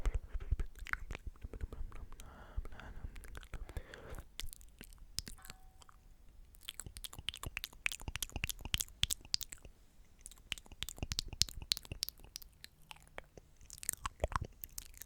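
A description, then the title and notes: Wet mouth sounds: dense clicks, smacks and crunchy chewing fill the first four seconds. After a brief quieter gap, rapid sharp clicks and lip pops return from about six seconds on, bunched in quick bursts with short pauses, bright. ASMR THE MOST RELAXING MOUTH SOUNDS EVER.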